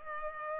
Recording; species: mosquito wingbeat signal from an infrared sensor; Culex pipiens